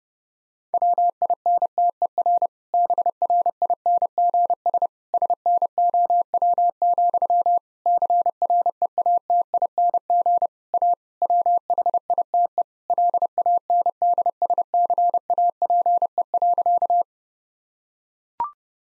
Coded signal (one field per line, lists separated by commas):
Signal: Morse code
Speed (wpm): 30 wpm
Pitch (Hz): 700 Hz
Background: none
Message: WINTER BRINGS SNOW, CREATING A WHITE LANDSCAPE.